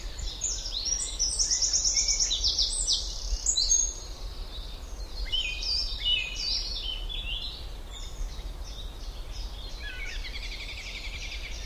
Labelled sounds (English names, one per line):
Eurasian Wren song